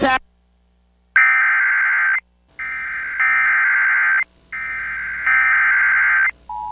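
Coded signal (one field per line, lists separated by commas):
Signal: Emergency Alert System (SAME) tones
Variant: header bursts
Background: speech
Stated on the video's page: Real EAS alerts received during a derecho in Siouxland.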